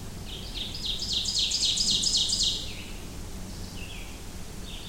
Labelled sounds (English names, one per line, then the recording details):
Ovenbird song
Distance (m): 15 m
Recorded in boreal forest in Alberta, Canada, on 25 June 2016 at 07:26
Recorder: SongMeter 3, array SBT-6-76
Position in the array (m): 15 m, 119 m
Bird 2